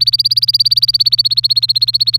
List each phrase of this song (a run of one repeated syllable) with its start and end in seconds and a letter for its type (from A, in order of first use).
0.00-2.19 A